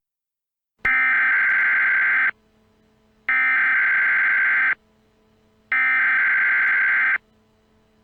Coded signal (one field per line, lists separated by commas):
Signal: Emergency Alert System (SAME) tones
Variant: header bursts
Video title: EAS Scenario #14 A Bloody Christmas AN EAS CHRISTMAS SPECIAL